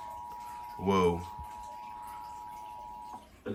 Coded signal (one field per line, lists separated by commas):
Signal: Emergency Alert System (SAME) tones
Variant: 853 and 960 Hz attention tone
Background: speech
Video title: EAS #1000!!! | New Jersey Required Monthly Test on MeTV (February 21, 2024) (EAS #1000!)